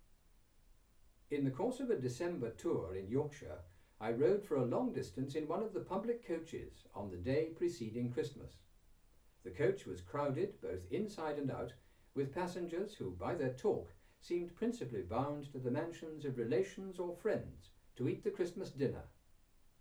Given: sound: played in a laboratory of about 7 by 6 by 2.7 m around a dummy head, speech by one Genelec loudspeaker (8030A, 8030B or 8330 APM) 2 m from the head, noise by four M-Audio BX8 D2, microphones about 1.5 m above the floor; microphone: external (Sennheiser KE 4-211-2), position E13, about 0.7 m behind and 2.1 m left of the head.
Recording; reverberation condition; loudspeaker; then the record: male speech in English; low; 150 degrees to the right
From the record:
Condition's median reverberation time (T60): about 310 ms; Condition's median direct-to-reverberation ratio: about 3.5 dB